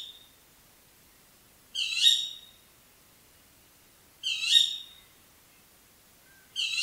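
Tawny owl giving high, shrill, harmonic calls, three in about seven seconds, with silence between.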